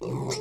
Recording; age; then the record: pig call; weaner (32 to 43 days)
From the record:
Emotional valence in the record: negative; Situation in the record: short isolation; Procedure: open field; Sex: female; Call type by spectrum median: low-frequency call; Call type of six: mixed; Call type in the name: high-frequency modulated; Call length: 0.41 s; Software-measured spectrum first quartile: 284 Hz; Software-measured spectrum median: 809 Hz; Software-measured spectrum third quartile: 4167 Hz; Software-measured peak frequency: 388 Hz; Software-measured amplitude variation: 95 dB a second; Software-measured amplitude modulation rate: 29.6 a second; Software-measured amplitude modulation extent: 3.2 dB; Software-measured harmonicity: 1.2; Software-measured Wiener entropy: -4.45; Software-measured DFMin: 1115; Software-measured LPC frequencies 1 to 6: 397, 971, 2114, 3723, 4374, 5508 Hz